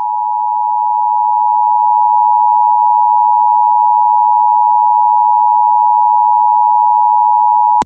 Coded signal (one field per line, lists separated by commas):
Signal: Emergency Alert System (SAME) tones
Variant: 853 and 960 Hz attention tone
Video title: Tornado Watch Including Atlanta EAS #322